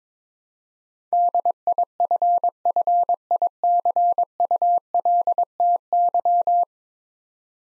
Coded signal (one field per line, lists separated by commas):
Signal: Morse code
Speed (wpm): 22 wpm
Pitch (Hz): 700 Hz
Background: none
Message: DIFFICULTY